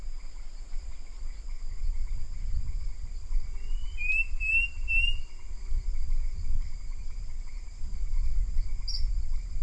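Bird calls: a quick run of three thin chirps midway, over a steady high hum and low rumbling background noise.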